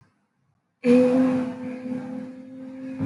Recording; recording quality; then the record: sustained vowel as in made; excellent, no background noise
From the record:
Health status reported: healthy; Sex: female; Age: 23 years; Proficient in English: yes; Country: India